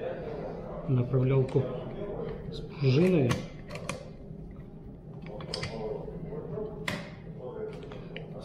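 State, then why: Seated. During reassembly of a CSV-9 carbine in 9x21, a steel recoil spring guide rod with its spring is reinserted into the carbine's receiver and worked until it drops into position, with small metallic clicks and rattles around 3.8–3.9 s and 5.5–5.6 s while someone talks. A sharp seating click at 6.9 s marks the rod settling into place, followed by a fainter tick near 8.2 s.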